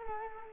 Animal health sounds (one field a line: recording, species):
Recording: mosquito wingbeat signal from an infrared sensor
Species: Culex quinquefasciatus